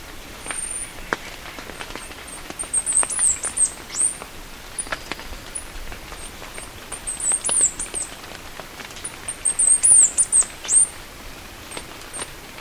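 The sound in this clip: Bird calls, high thin chittering notes in several bursts over steady background noise with scattered sharp clicks.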